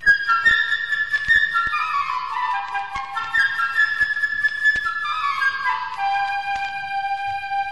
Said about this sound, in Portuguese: Para o pequeno pássaro que é muito travesso e que se chama Sasha, nós ouviremos a flauta numa escala crescente.